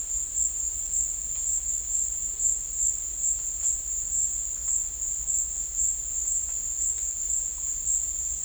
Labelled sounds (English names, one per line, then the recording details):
none
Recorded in dense forest near Puerto Asís, Putumayo, Colombia, on 26 December 2024 at 13:30
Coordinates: 0.484, -76.325
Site G056